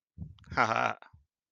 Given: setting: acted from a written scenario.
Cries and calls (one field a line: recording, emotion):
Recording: vocal sound without words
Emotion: amusement